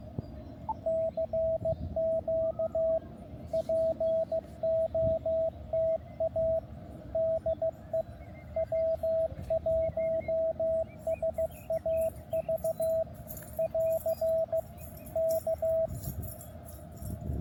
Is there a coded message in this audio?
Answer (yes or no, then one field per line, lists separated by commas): yes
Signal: Morse code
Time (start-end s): 0.9-15.9 s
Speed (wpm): 15 wpm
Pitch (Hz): 650 Hz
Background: radio noise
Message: CQ POTA DE W1SAV <AR> K